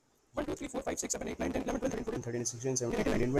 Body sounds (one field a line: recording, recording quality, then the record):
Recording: counting at a fast pace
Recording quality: excellent, no background noise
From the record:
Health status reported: respiratory illness, not identified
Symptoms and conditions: none ticked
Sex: male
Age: 21 years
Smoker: not ticked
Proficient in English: yes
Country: India